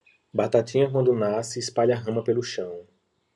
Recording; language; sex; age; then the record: short text; Brazilian Portuguese; male; 30 to 39 years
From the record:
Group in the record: control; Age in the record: 33 years